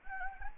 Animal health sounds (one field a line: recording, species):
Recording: mosquito wingbeat signal from an infrared sensor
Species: Anopheles gambiae